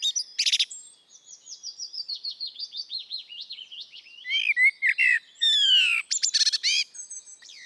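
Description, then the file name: Eurasian blackbird song: a long run of thin, high descending notes, then a few lower fluted whistles and sharp squeaky twitters near the end. "Turdus merula"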